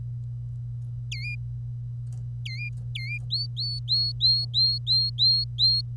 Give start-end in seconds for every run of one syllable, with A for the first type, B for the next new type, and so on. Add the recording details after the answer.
1.11-1.35 A, 2.46-2.68 A, 2.95-3.18 A, 3.31-5.82 B. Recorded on 25 April 2018 at 09:21. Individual llb3